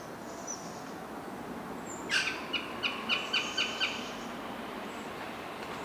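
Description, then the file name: Eurasian magpie chatter: a quick run of several harsh, rattling notes, with faint thin whistles from another bird and background hiss. "Pica pica"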